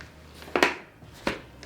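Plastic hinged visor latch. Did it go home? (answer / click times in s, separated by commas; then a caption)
yes / 0.6 s. A hand grips the shroud of a 3M Versaflow powered-air respirator face shield and pulls the visor down into its lowered position on the helmet. Two sharp clicks come at about 0.6 s as it locks into place, followed by another hard click near 1.3 s. The visor ends up locked down.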